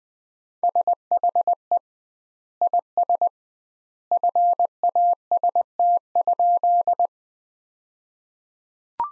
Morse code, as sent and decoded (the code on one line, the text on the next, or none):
... .... . / .. ... / ..-. .- ... - ..--..
SHE IS FAST?